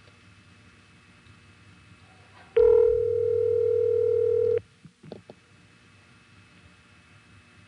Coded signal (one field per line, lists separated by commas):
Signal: telephone call progress tone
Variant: North America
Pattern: ringback tone